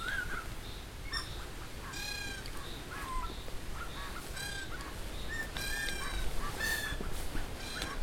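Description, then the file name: Buffy laughingthrush chattering in bursts of stacked notes with a few thin whistles between them, over a steady low background rumble. "laughingthrush-buffy Garrulax-berthemyi"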